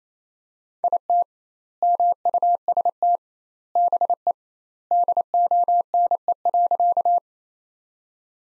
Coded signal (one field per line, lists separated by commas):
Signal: Morse code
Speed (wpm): 28 wpm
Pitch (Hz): 700 Hz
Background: none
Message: IT MUST BE DONE.